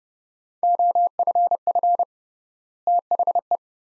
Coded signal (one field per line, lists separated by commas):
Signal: Morse code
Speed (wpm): 30 wpm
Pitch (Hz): 700 Hz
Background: none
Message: OFF THE